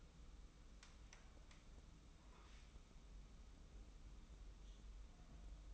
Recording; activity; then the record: daily activity, microphone in the room; wipe stove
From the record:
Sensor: 1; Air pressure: 994.6 hPa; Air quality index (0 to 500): 232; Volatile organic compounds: 1000 ppm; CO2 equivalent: 8368 ppm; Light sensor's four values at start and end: 138/318/141/154 and 138/318/141/155